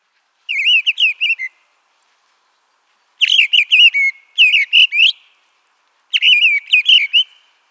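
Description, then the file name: Mistle thrush singing brief, clear, whistled phrases of rapid wavering notes. Four phrases arrive with uneven gaps against a silent background. "turdus viscivorus"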